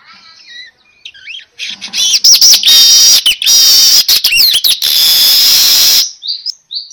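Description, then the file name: Weaver song: a few thin whistles, then a long dense buzzy, wheezing chatter with squeaky slurred notes, ending in brief chirps. Lure sound for a weaver, described as gacor, meaning singing loudly and continuously. "Suara Pancingan Burung Manyar Gacor Dor"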